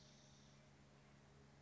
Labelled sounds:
Spotted Towhee
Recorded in Sonoma County, California

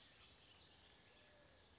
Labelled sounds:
Western Flycatcher
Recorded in Sonoma County, California

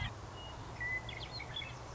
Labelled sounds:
Western Meadowlark
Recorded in Sonoma County, California

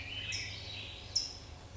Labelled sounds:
California Towhee
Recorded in Sonoma County, California

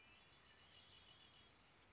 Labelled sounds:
Red-winged Blackbird
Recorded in Sonoma County, California

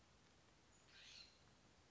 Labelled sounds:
California Scrub-Jay
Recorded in Sonoma County, California

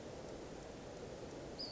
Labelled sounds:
Western Flycatcher
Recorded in Sonoma County, California

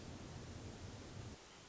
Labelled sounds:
Hermit Thrush
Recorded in Sonoma County, California

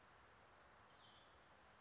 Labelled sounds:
Cassin's Vireo
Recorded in Sonoma County, California

